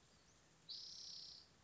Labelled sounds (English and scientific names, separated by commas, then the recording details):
Spotted Towhee (Pipilo maculatus)
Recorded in Sonoma County, California